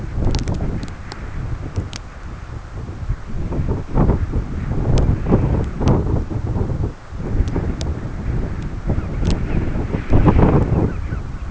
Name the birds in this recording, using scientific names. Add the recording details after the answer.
Limosa lapponica. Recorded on Arctic tundra, site CORI-1, on 11 June 2018. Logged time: 02:00